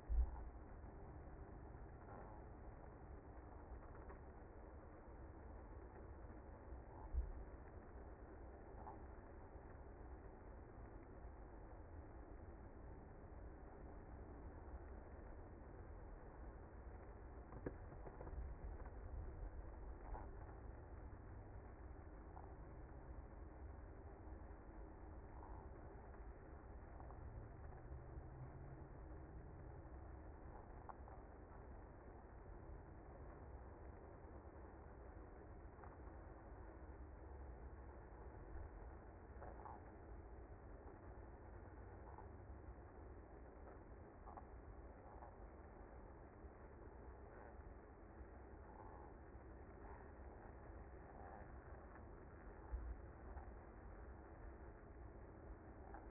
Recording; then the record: honeybee colony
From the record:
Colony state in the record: active